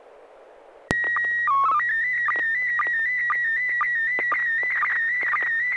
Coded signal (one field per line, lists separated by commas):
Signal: SSTV (slow-scan television)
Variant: PD 120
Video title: N6NA SSTV Net - 01/26/2022